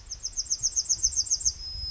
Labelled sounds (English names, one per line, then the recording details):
Yellowhammer song
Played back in forest
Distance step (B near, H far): D
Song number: 016